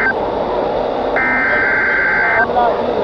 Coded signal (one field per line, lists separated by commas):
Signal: Emergency Alert System (SAME) tones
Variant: header bursts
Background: speech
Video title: EAS #365 - Required Weekly Test